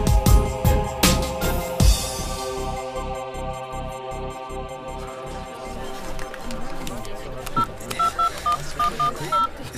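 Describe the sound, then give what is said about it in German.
A mobile phone keypad sounds a quick run of short, evenly spaced dual-tone beeps, each key press a clear mid-pitched blip, set against a busy, rhythmic background. “Mein Handy funktioniert auch nicht.”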